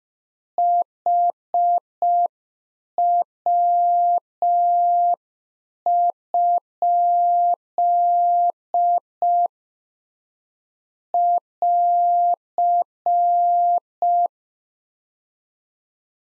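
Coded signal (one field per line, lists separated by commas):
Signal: Morse code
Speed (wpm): 5 wpm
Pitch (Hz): 700 Hz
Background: none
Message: HW? <AR>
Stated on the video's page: Practice QSO at 5 wpm, one-sided complete exchange, each segment sent in Morse, spoken, then sent again for head-copy.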